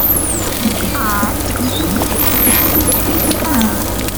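Dolphin whistles, high wavering up-and-down sweeps in a cluster midway through, with a brief lower harmonic whistle earlier, over constant underwater noise and low hum.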